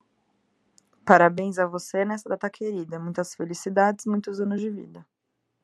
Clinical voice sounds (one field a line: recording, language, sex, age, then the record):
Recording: short text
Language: Brazilian Portuguese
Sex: female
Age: 30 to 39 years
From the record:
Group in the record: control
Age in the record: 30 years